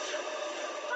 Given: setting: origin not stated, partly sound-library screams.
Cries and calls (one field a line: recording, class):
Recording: one-second piece from a danger detection set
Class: woman in danger